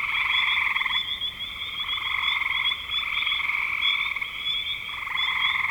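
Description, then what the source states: Frogs trilling together, rapid pulsed croaks running almost without pause, a thin steady high whine behind them. Frogs recorded in spring 2025.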